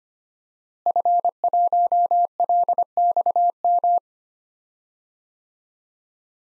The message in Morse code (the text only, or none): F1LXM